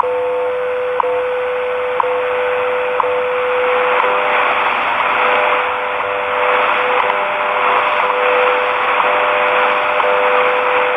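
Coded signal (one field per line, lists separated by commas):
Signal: radio time signal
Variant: WWV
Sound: steady low 500 Hz tone with short clicks each second, briefly silencing it, in static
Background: radio static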